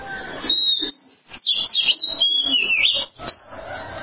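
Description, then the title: Oriental magpie-robin song: one continuous, varied high whistle that twists up and down for about three seconds over a background hiss. Long-duration song. "Kacer Durasi Panjang"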